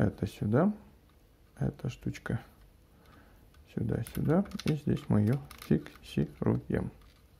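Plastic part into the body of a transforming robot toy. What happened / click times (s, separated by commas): The plastic part is being handled but has not seated yet / none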